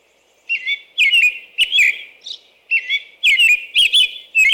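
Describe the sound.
American robin song: clear caroling whistled phrases around mid-high pitch, given in quick bursts with short pauses, some higher squeaky notes mixed in.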